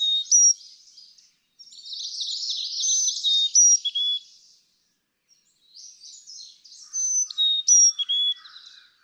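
Carolina chickadee song, pure high whistles dropping to lower whistled notes, alternating with thick buzzy twittering, then a brief silence before more whistles.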